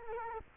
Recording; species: mosquito wingbeat signal from an infrared sensor; Culex quinquefasciatus